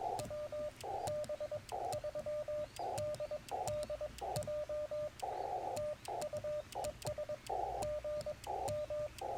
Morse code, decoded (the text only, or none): WB3DDJ TU ES GM